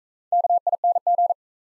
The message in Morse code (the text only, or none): KING